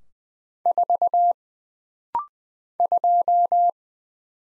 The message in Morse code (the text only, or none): 4 2